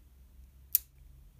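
A plastic piston end cap is unscrewed from the barrel of a black Lanbitou 3059 EF piston-filler fountain pen. One sharp, bright click sounds at 0.8 s over a faint low hum. The end cap comes free.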